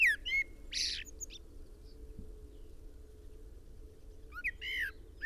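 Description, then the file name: Common blackbird song fragments: a short whistled note and a harsh burst early on, then a brief fluted phrase with squeaky ends near the close, over a low hum. "Turdus merula"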